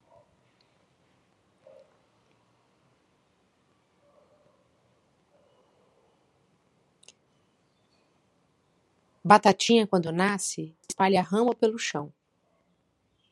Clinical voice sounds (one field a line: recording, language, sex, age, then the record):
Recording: short text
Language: Brazilian Portuguese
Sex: female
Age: 40 to 49 years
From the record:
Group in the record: control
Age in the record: 42 years